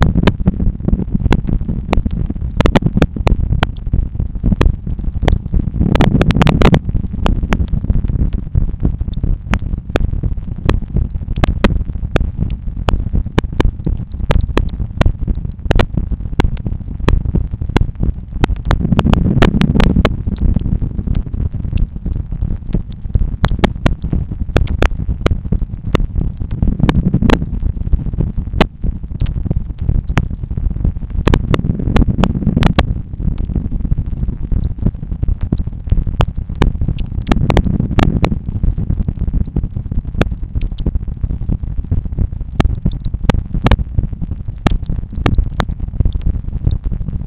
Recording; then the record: heart sounds by stethoscope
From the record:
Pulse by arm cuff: 92 bpm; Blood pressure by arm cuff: 116/70 mmHg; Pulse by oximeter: 94 bpm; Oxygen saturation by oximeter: 97%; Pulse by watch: 92 bpm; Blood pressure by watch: 113/75 mmHg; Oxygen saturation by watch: 97%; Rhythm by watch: sinus rhythm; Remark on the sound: wave loud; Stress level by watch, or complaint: medium stress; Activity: after office activities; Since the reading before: plus 200 steps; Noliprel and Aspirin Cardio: after pills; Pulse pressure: 46 mmHg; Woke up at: 6:50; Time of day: 13:25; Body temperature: 36.4 C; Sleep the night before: 8 h 16 min, score 66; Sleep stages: REM 20%, light 64%, deep 6%, awake 10%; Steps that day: 6850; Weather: sunny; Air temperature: 20.6 C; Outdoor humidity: 85%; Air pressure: 1007 hPa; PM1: 1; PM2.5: 2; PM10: 2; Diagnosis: hypertension, treated with Noliprel and Aspirin Cardio 100 mg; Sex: male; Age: 53 years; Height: 174 cm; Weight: 81 kg